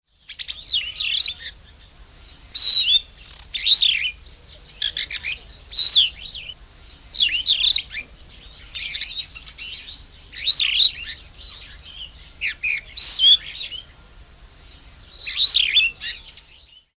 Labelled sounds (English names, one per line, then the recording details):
Daurian Starling
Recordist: Tembrock, Günter
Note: Gesang